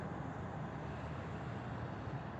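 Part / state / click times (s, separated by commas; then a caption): spark plug into engine cylinder head / not seated / none. A new spark plug sits in the cylinder head bore of a 2010 Honda Civic and is turned counterclockwise by hand to line up its threads before it is screwed in and torqued. Only a steady broadband rumble, like a vehicle or traffic noise, is heard, with no sudden sounds. The threads have not yet clicked or dropped into line.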